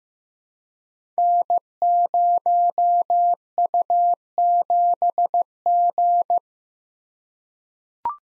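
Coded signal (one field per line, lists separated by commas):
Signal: Morse code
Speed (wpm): 15 wpm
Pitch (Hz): 700 Hz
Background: none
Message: N0U7G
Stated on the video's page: Five-character letter and number code group drill at 15 wpm, each group sent in Morse, spoken, then sent again.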